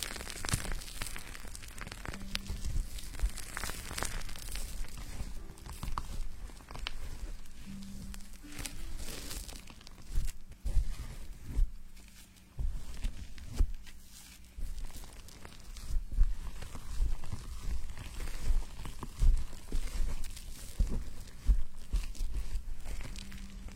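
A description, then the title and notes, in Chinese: Hair being washed, fingers scratching through foam on the scalp: a dense, crackling, bubbly rustle runs nonstop, with irregular louder scrubbing strokes every second or so. A faint low hum lies underneath, and the scratching briefly softens around 10 and 14 seconds. 洗头发 纯泡沫挠头音。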